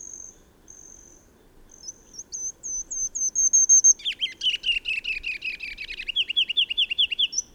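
Bird song opening with high thin whistled notes that quicken, then a long run of rapid chattering downslurred notes lasting several seconds, closing on a brief high whistle.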